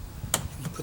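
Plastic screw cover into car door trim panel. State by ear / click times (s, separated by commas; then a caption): seated / 0.3 s. A plastic screw cover is pressed back into the interior front door trim panel of a 1993–1997 Nissan Altima. A single sharp, bright snap rings out at 0.3 s over a low background rumble. The cover seats in the panel.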